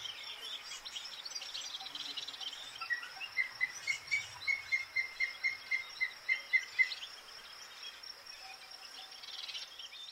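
Black kite call: a rapid run of evenly spaced whistled notes held near one pitch for about four seconds, over steady insect buzzing and outdoor noise.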